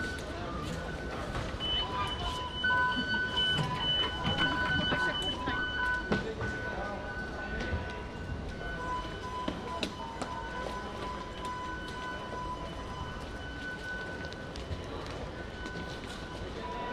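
A Rotterdam metro ride, with a steady low rumble of the train running throughout. Sustained whining tones sit above the rumble, starting, stopping and shifting pitch, while murmured voices and occasional clicks and knocks come through, including a sharper knock around six seconds.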